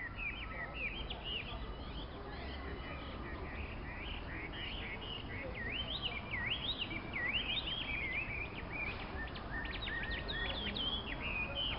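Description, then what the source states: Songbirds sing together in a dense chorus of varied whistled, warbling phrases, rising and falling notes overlapping continuously over steady low background hum. Dozens of caged songbirds singing in a quiet part of the Temple of Heaven Park in central Beijing, China, on 31 October 2006.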